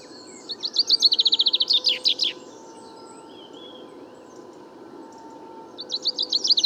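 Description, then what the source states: Common chaffinch song: a tumbling series of high notes ending in a flourish, a brief quiet gap with soft calls, then the next song begins. First chaffinch song recorded in 2019, 16 February, in a wood during fine weather; somewhat muddled, weaker babbling courtship song aimed at females around; Nagra Seven, mono parabolic microphone.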